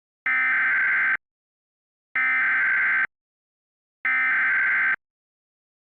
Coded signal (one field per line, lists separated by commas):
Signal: Emergency Alert System (SAME) tones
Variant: header bursts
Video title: IT: The EAS Scenario